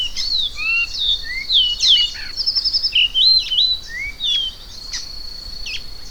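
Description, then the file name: Variable oriole song: a lively run of clear whistled notes, some rising, some sweeping down, mixed with short warbles, over a steady high insect-like whine. "Canto do encontro"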